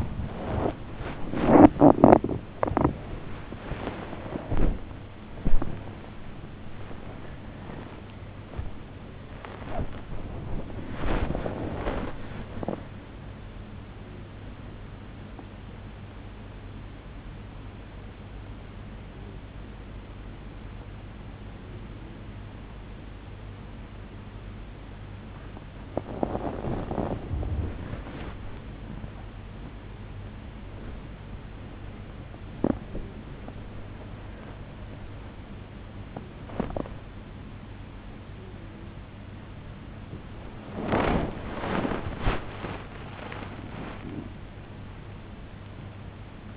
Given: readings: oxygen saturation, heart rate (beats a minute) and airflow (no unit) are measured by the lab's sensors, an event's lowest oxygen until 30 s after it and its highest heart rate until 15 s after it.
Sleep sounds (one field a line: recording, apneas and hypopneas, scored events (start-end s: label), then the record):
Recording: breathing in sleep by a voice recorder at the bedside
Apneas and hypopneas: 1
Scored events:
21.00-40.90 s: hypopnea (N1, oxygen 96% highest, then 90% lowest, heart rate 73 at the start, 98 highest)
From the record:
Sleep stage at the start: N1 (lightest sleep)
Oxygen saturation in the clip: 93 to 96%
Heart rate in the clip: 73 to 106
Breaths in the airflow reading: 21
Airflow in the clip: -0.7 to 1.0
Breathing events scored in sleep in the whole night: 103 in 8.4 hours asleep